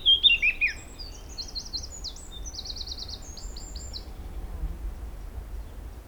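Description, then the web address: Eurasian blackcap song opening with a loud burst of fluty warbled notes, followed by softer high trilled and chattering notes over low background noise. "pub SETE data Sylvia atricapilla"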